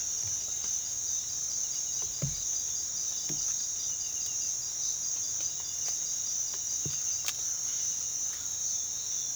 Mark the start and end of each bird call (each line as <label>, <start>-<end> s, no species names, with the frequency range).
bird call (1.1-2.8 kHz), 8.30-8.50 s